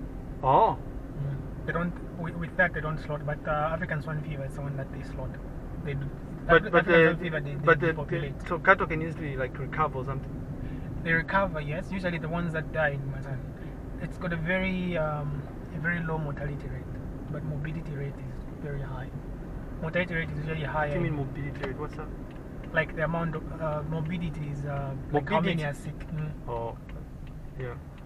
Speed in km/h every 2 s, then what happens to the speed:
30, 30, 29, 28, 28, 28, 29, 29, 29, 30, 30, 29, 22, 15.
0-21 steady at about 29. 21-28 slows to 15.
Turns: none.